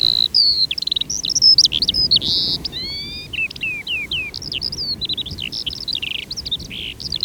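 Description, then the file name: Eurasian skylark singing a rapid run of high, varied notes, clear down-slurred whistles and twittering phrases that pour out without pause against a soft low background hum. Singing in reeds. "Skylark singing in the reeds"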